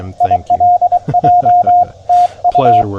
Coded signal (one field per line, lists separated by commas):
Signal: Morse code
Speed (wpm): 22 wpm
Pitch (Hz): 710 Hz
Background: speech, radio noise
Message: ILJ TU